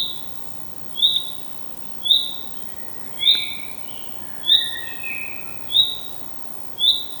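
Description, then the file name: Common chaffinch repeating a short, high call note about once a second, with softer lower notes in between and a quiet hiss behind. "Fringilla coelebs"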